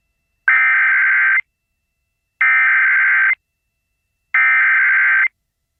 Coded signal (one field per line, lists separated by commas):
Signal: Emergency Alert System (SAME) tones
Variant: header bursts